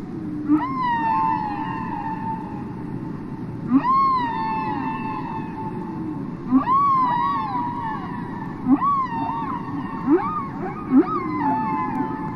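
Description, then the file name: Humpback whale song: a repeated phrase of short low upsweeps each followed by a higher arching cry, recurring roughly every one to three seconds. "Ballena Jorobada"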